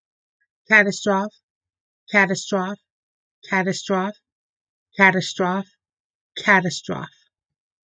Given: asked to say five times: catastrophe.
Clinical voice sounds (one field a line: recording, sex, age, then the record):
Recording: repeated word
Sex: female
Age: 30 to 39 years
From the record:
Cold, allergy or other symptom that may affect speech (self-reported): no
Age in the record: 39 years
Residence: Connecticut, United States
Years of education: 12